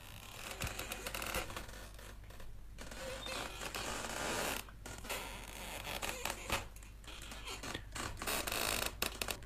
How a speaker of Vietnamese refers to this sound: Ấy chính là cái âm thanh mà hồi còn nhỏ, ông nội của ông, rồi cha ông, những hôm mà buổi trưa trời nóng hay mắc cái võng ở ngay chỗ gốc cây xoan để mà nằm, cái âm thanh cái dây võng nó xiết vào gốc cây nó cũng y như thế này vậy.